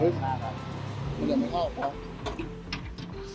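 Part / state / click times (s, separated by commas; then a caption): lens edger machine onto its base / seated / 2.7 s. A lens edger machine (model SJM-2008 / SJM-2004B) is pushed down onto its base while someone talks. A sharp click at 2.7 s marks it seating into the lock, and the edger is locked onto its base.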